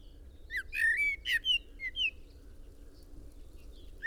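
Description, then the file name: Common blackbird gives one rich phrase of mellow, slurred whistles mixed with higher squeaky notes, then quiet over a faint background hum, with another note starting at the very end. "Turdus merula"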